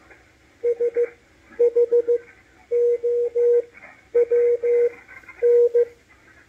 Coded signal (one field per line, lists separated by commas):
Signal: Morse code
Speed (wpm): 15 wpm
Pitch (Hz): 480 Hz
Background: none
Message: SHOWN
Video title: W1AW cw decode - MALAHITEAM DSP-2 sdr receiver 6-28-2022